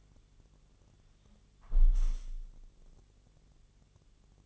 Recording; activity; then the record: daily activity, microphone in the room; close window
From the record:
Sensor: 4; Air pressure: 1001.2 hPa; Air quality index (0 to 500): 158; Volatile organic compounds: 2 ppm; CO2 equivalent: 1139 ppm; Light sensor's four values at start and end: 13/29/12/12 and 13/29/12/12